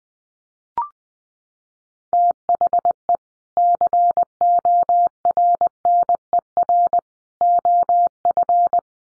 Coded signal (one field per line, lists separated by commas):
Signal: Morse code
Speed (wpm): 20 wpm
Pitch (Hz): 700 Hz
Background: none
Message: THE CORNER OF